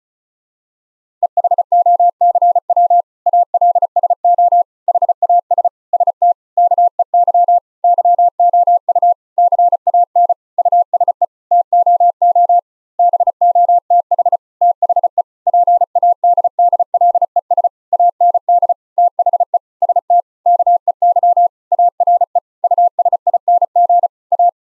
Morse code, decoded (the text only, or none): EHOCW ALSO HAS ST KEY YOU CAN USE TOO BOTH THE PADDLES AND THE ST KEY ARE USING A